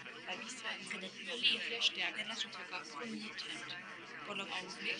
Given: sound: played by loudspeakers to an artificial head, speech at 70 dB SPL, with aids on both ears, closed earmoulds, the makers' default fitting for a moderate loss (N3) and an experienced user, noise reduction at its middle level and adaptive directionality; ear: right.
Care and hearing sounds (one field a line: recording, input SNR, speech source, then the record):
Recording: speech test signal (ISTS) in cocktail-party noise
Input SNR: -6 dB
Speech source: in front (0 degrees)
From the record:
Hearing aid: class 2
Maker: F